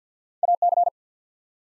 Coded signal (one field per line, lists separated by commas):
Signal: Morse code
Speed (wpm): 48 wpm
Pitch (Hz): 700 Hz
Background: none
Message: AC